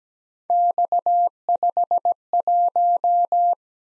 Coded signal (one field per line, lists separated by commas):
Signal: Morse code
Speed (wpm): 17 wpm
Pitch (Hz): 700 Hz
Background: none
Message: X51